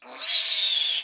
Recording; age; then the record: pig call; piglet (1 to 25 days)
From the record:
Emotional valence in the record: negative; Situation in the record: restrain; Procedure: in the arms of a person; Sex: female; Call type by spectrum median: high-frequency call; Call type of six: high-frequency modulated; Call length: 1.03 s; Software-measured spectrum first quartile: 3504 Hz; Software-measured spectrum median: 4025 Hz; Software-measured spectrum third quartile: 5549 Hz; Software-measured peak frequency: 3728 Hz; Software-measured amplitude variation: 122 dB a second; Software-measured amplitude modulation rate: 25.6 a second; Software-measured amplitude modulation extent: 4.8 dB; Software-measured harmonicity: 4.8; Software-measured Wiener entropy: -2.33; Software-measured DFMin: 1062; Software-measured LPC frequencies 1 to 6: 871, 2577, 3435, 3821, 4879, 6175 Hz